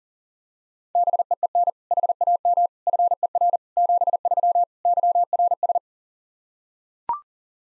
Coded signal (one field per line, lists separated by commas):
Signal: Morse code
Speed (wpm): 37 wpm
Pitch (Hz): 700 Hz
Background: none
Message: BEEN HAM FER 73 YRS